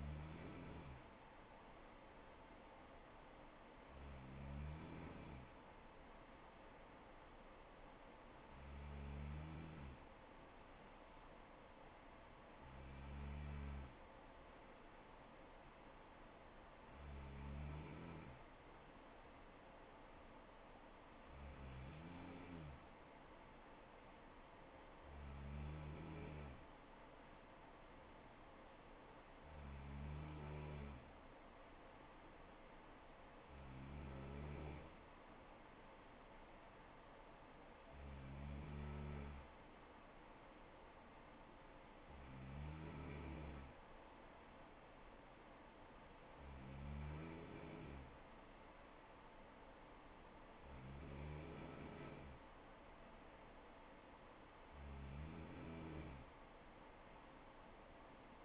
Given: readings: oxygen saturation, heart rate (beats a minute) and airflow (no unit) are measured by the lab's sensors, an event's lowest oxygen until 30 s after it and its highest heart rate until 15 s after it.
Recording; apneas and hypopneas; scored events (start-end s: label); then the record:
breathing in sleep by a voice recorder at the bedside; none
none scored
From the record:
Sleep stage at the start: N3 (deep sleep); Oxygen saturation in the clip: 95%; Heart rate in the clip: 64 to 67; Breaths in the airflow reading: 13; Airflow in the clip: -3.5 to 2.8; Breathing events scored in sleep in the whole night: 79 in 6.3 hours asleep